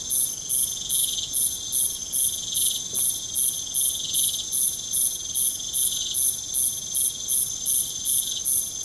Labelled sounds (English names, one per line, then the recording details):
none
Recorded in pastures near Puerto Asís, Putumayo, Colombia, on 23 June 2025 at 22:00
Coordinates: 0.472, -76.331
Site G095